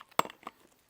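A plastic battery pack is released from a cordless wood-cutting tool and comes off with one sharp, loud click at 0.2 s. Quieter clicks and rattles follow at about 0.3 s and 0.5 s, then the sound fades to near silence.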